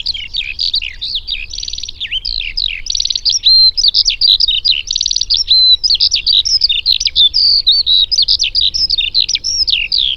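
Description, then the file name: Eurasian skylark singing a fast, ceaseless warble of buzzy trills and sharp chirps, with short whistled notes woven through, against a quiet background. "alauda arvensis"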